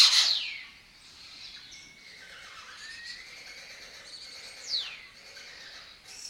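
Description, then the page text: Lesser kestrel giving a loud harsh call at the start, then long thin whistled glides and a sharp falling note amid background chirping. Breeding colony in an abandoned building in Doñana; migratory raptor that forages in West Africa and breeds in southern Europe. "Lesser Kestrels Took Over an Abandoned Building. A migratory raptor wich spends its foraging time in West Africa and breeds in southern Europe. Here in Doñana"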